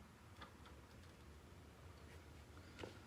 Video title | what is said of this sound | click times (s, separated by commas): How to add Nitrogen to your Fox Shocks | Snapped into place. | 2.6 s, 2.8 s